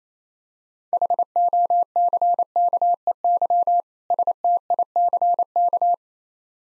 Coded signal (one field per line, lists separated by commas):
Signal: Morse code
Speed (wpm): 27 wpm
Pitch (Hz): 700 Hz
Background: none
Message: HOCKEY STICK